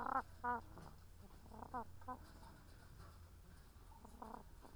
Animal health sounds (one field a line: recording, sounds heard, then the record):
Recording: poultry house recording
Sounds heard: sick chickens (respiratory disease)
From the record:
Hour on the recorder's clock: 13